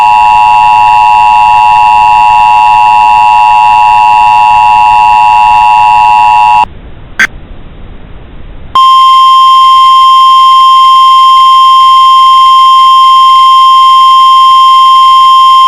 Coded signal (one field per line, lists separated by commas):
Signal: Emergency Alert System (SAME) tones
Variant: 853 and 960 Hz attention tone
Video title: EAS Scenario - The Big One